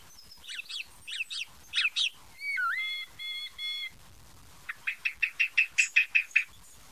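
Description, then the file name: Thrush singing varied phrases: a run of rapid sharp notes, then a pure whistled phrase, followed by a fast repeated chirping series. "TORDOAUDIGI"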